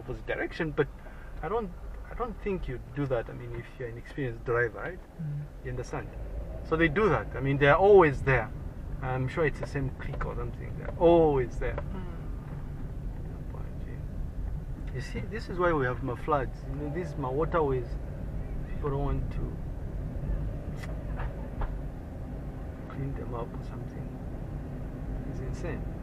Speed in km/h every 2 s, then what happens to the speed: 7, 6, 7, 14, 16, 17, 16, 15, 16, 19, 23, 23, 24.
4-7 speeds up to 16. 7-15 steady at about 16. 15-26 speeds up to 24.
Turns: none.